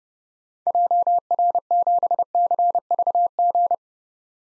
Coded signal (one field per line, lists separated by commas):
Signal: Morse code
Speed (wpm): 30 wpm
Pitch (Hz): 700 Hz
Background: none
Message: JR7CVG